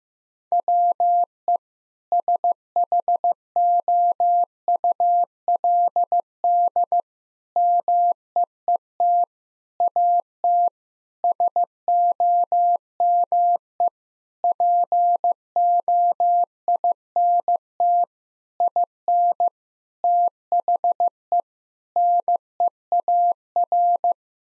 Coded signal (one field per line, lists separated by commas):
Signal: Morse code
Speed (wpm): 15 wpm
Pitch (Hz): 700 Hz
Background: none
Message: WE SHOULD MEET AT SOME POINT IN THE NEAR